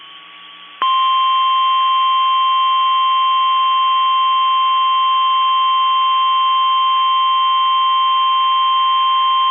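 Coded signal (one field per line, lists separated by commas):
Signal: Emergency Alert System (SAME) tones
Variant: 1050 Hz attention tone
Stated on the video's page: Special Marine Warning received on NOAA Weather Radio transmitter.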